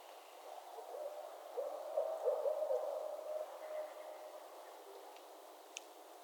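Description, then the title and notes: Barred owl hooting, a wavering, quavering run of low hoots that swells and fades over about two seconds, with steady background hiss. Several barred owls calling in mating season in northern Michigan, with traffic and occasional aircraft noise in the background. "Barred Owl Mating Season in Northern Michigan. Nature is my Jam"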